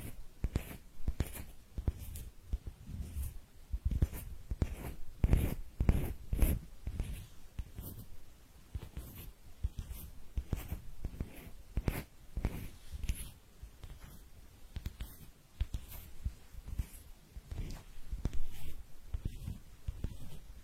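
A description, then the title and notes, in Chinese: Hands rubbing together, a dry scraping friction repeated in quick strokes about twice a second across the whole stretch. Each stroke is a short rasping burst with a soft low thump underneath, slightly fuller in the first few seconds and lighter afterward. 搓手手。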